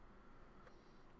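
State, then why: Not seated. A CPU cooler's plastic push pin is handled over a motherboard while pressure is put on it, with a steady, even background hum and a faint brief tick near 0.7 s. Nothing has seated or clicked yet; the pin has not snapped into the motherboard by the end of the clip.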